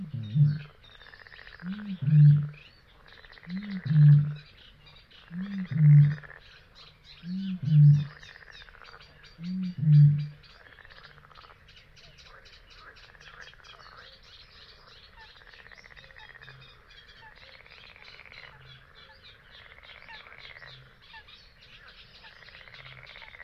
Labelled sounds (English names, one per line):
Great Bittern